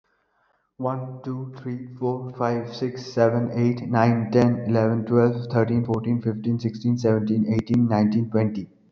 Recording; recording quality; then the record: counting at a fast pace; excellent, no background noise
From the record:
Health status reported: respiratory illness, not identified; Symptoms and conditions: none ticked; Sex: male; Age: 34 years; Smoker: yes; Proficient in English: yes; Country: India